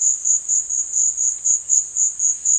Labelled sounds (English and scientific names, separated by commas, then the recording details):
none
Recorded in secondary vegetation near Puerto Asís, Putumayo, Colombia, on 23 June 2025 at 14:30
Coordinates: 0.499, -76.323
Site G077